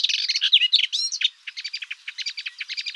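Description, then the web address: Melodious warbler song, a fast, rambling chatter of varied buzzy and scratchy notes, rushing early then settling into rapid repeated clicky chirps, with no other sounds. "Hippolais polyglotta"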